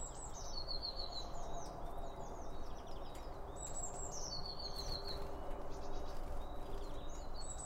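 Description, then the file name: Bird song of high descending phrases finishing in a rapid trill, heard twice among frequent chirps and short notes, over continuous low background rumble. Several birds around a bird feeder, recorded with two Line Audio OM1 microphones. "Birds Around Birdfeeding With Two Om 1 From Line Audio"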